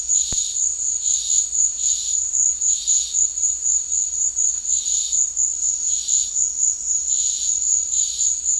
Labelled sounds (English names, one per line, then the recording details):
none
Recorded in secondary vegetation near Puerto Asís, Putumayo, Colombia, on 8 March 2025 at 15:00
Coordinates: 0.499, -76.323
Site G094